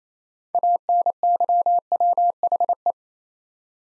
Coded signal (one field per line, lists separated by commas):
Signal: Morse code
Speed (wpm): 27 wpm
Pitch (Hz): 700 Hz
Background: none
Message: ANYWHE